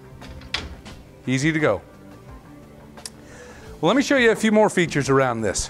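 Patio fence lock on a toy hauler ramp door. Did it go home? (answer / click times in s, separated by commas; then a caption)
yes / 0.5 s. The caster-wheeled patio fence on the rear ramp door of a 2016 Keystone Raptor 422SP toy hauler is pulled out and locks into place, with a sharp hit at 0.6 s. A fainter tick follows around 3.1 s, and someone talks before and after.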